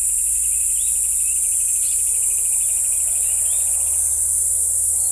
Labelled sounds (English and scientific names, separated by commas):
none